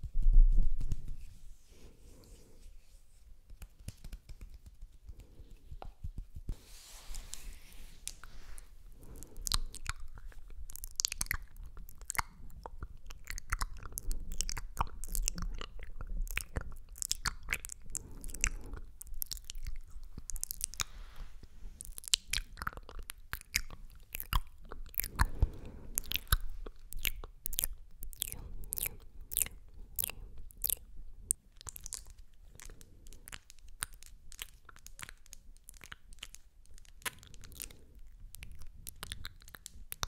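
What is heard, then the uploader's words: Quiet wet mouth sounds and slick oily hand rubbing, with sharp clicks and smacks growing denser and faster after about twenty seconds. MOUTH SOUNDS and OIL HAND SOUNDS ASMR.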